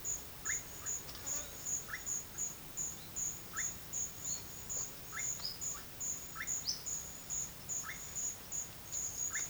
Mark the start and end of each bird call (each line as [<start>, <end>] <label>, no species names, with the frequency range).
[0.41, 0.62] bird call (0.8-2.7 kHz)
[1.88, 2.02] bird call (1.0-2.4 kHz)
[3.50, 3.69] bird call (0.8-2.3 kHz)
[5.12, 5.55] bird call (0.9-5.4 kHz)
[6.37, 6.82] bird call (0.6-6.5 kHz)
[7.78, 8.01] bird call (1.0-2.7 kHz)
[9.30, 9.46] bird call (0.5-2.7 kHz)